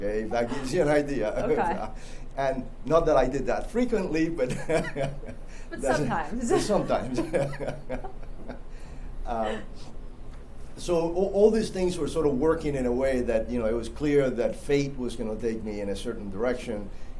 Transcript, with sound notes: If that gives you an idea.
Okay. [laughter]
And--not that I did that frequently, but-- [laughter]
But sometimes.
But sometimes. So all these things were sort of working in a way that,
you know, it was clear that fate was going to take me in a certain direction.